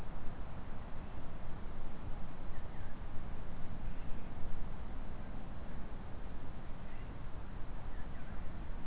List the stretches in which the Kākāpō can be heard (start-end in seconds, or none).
none